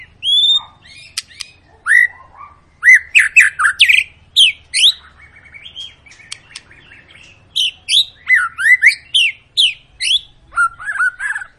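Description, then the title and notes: White-rumped shama song, a fast varied medley of upslurred whistles, harsh notes and high ticks, phrases tumbling rapidly over about eleven seconds with brief pauses. Long lure song of a singing white-rumped shama, played to prompt other birds to sing. "Pancingan Murai Batu Gacor Panjang. muraiku"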